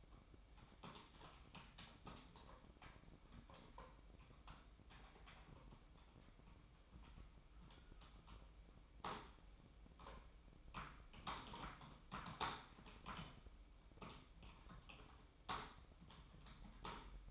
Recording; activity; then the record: daily activity, microphone in the room; typing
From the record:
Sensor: 1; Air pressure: 1007.6 hPa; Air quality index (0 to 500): 79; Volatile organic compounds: 1 ppm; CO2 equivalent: 685 ppm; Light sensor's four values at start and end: 12/29/12/13 and 12/28/12/13